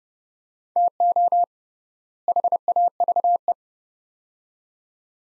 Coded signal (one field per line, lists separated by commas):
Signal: Morse code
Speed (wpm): 30 wpm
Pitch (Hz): 700 Hz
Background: none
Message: TO HAVE